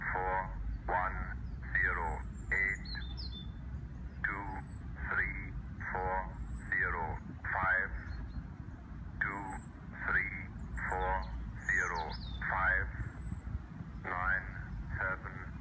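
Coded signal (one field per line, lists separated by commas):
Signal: numbers station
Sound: voice reading short words at a steady even pace, through narrow shortwave audio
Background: radio static, low hum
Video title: Numbers station on 15615 kHz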